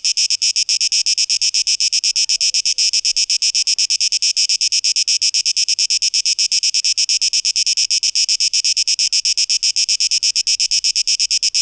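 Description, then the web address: Cicada buzzing in rapid rhythmic pulses, high and hissing, continuing evenly for the whole stretch. 12 August 2023; tape echo mix. "rauschpartikel 2023-08-12 Zikaden"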